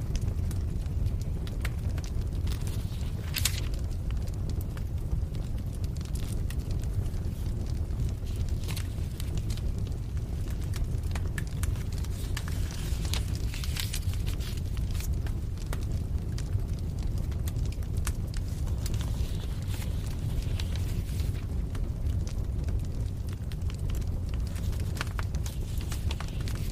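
A crackling fire burns with a steady low roar, scattered sharp pops and snaps breaking through every few seconds, continuous throughout.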